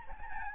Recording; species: mosquito wingbeat signal from an infrared sensor; Aedes albopictus